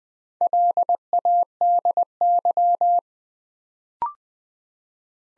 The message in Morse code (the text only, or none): LADY